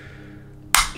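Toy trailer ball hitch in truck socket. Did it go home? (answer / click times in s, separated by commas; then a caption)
released / 0.8 s. A plastic trailer is forced off a die-cast Hot Wheels Optimus Prime toy truck, and its ball-in-socket hitch pops out of the truck's socket. After a faint low hum, one sharp, bright snap sounds at 0.8 s and fades quickly. The trailer comes free.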